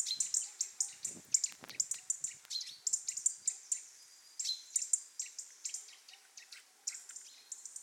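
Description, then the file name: European robin calls: steady stream of high, quick chirps and ticks running throughout, with a few low thumps near the start. "Erithacus rubecula"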